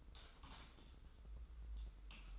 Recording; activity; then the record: daily activity, microphone in the room; typing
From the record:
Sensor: 3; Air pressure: 994.4 hPa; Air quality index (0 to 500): 205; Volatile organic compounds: 1000 ppm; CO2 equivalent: 6802 ppm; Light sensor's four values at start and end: 84/196/81/78 and 84/196/81/77